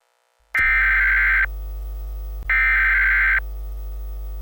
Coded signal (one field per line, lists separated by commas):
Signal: Emergency Alert System (SAME) tones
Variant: header bursts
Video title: An EAS Scenario: M A R S I S T H E N E W E A R T H (Part I)